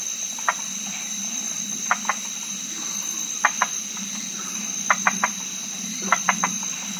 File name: white lipped tree frog